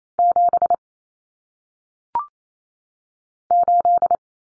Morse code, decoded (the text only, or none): 7 8